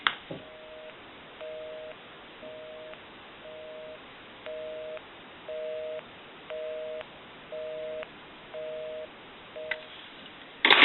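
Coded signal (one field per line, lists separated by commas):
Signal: telephone call progress tone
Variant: North America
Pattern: busy tone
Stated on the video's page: Heard on an AE three-slot payphone during initial checkout and repair.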